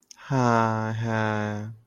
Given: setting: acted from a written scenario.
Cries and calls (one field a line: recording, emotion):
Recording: vocal sound without words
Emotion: sympathy